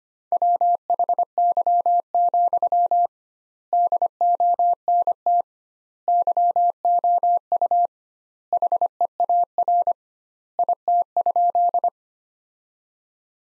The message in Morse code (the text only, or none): WHY, DONT YOU HEAR IT?